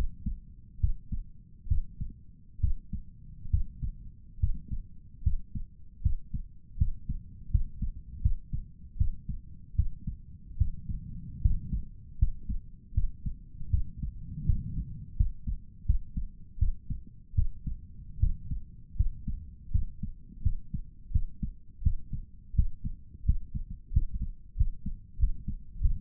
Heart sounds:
heart sounds by stethoscope; 79 bpm
0.79 s: heartbeat
1.67 s: heartbeat
2.60 s: heartbeat
3.50 s: heartbeat
4.39 s: heartbeat
5.22 s: heartbeat
6.01 s: heartbeat
6.77 s: heartbeat
7.50 s: heartbeat
8.21 s: heartbeat
8.97 s: heartbeat
9.75 s: heartbeat
10.57 s: heartbeat
11.41 s: heartbeat
12.18 s: heartbeat
12.93 s: heartbeat
13.70 s: heartbeat
14.45 s: heartbeat
15.16 s: heartbeat
15.85 s: heartbeat
16.58 s: heartbeat
17.35 s: heartbeat
18.19 s: heartbeat
18.96 s: heartbeat
19.71 s: heartbeat
20.42 s: heartbeat
21.11 s: heartbeat
21.82 s: heartbeat
22.55 s: heartbeat
23.25 s: heartbeat
23.92 s: heartbeat
24.56 s: heartbeat
25.18 s: heartbeat
25.80 s: heartbeat
From the record:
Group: healthy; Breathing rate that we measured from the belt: 17 breaths a minute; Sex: male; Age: 35 years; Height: 178 cm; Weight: 64 kg

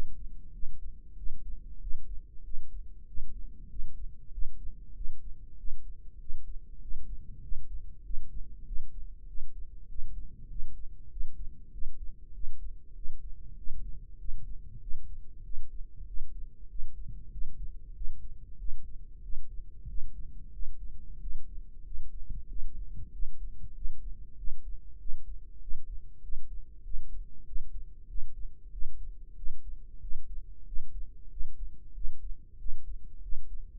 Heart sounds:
heart sounds by microphone in the right ear; 95 bpm
0.54 s: heartbeat
1.18 s: heartbeat
1.82 s: heartbeat
2.45 s: heartbeat
3.08 s: heartbeat
3.71 s: heartbeat
4.33 s: heartbeat
4.96 s: heartbeat
5.59 s: heartbeat
6.21 s: heartbeat
6.82 s: heartbeat
7.43 s: heartbeat
8.05 s: heartbeat
8.67 s: heartbeat
9.29 s: heartbeat
9.90 s: heartbeat
10.51 s: heartbeat
11.12 s: heartbeat
11.73 s: heartbeat
12.35 s: heartbeat
12.97 s: heartbeat
13.58 s: heartbeat
14.20 s: heartbeat
14.82 s: heartbeat
15.45 s: heartbeat
16.08 s: heartbeat
16.70 s: heartbeat
17.33 s: heartbeat
17.96 s: heartbeat
18.60 s: heartbeat
19.24 s: heartbeat
19.89 s: heartbeat
20.54 s: heartbeat
21.22 s: heartbeat
21.86 s: heartbeat
22.50 s: heartbeat
23.14 s: heartbeat
23.76 s: heartbeat
24.39 s: heartbeat
25.01 s: heartbeat
25.62 s: heartbeat
26.24 s: heartbeat
26.85 s: heartbeat
27.47 s: heartbeat
28.09 s: heartbeat
28.73 s: heartbeat
29.38 s: heartbeat
30.02 s: heartbeat
30.67 s: heartbeat
31.32 s: heartbeat
31.96 s: heartbeat
32.60 s: heartbeat
33.23 s: heartbeat
From the record:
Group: healthy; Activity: rest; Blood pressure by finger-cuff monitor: 131/72 mmHg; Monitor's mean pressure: 90 mmHg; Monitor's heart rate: 95 bpm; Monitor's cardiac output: 8 L/min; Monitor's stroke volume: 83 mL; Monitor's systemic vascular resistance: 800 dyn s/cm5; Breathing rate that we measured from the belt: 18 breaths a minute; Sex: male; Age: 21 years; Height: 175 cm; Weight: 72.6 kg

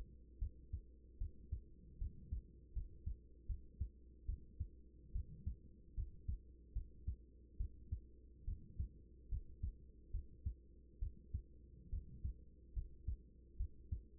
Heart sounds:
heart sounds by stethoscope; 73 bpm
0.38 s: heartbeat
1.18 s: heartbeat
1.98 s: heartbeat
2.73 s: heartbeat
3.46 s: heartbeat
4.25 s: heartbeat
5.12 s: heartbeat
5.94 s: heartbeat
6.73 s: heartbeat
7.57 s: heartbeat
8.44 s: heartbeat
9.29 s: heartbeat
10.11 s: heartbeat
10.99 s: heartbeat
11.89 s: heartbeat
12.73 s: heartbeat
13.57 s: heartbeat
From the record:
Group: healthy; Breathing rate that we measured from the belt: 18 breaths a minute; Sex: female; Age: 24 years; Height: 163 cm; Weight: 55.7 kg

